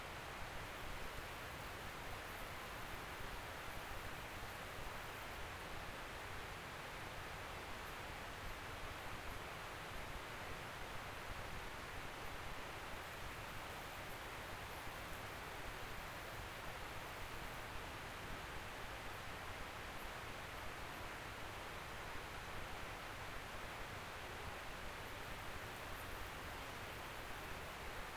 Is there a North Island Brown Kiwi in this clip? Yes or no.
no